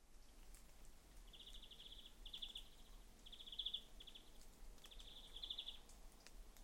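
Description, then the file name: European greenfinch giving short, rapid trilled bursts, several in a row with brief gaps, over a steady low background rumble and occasional faint clicks. "Chloris chloris"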